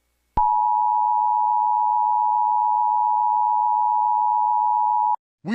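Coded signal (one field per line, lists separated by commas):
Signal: Emergency Alert System (SAME) tones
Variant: 853 and 960 Hz attention tone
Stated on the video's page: Fictional EAS scenario about anomalies.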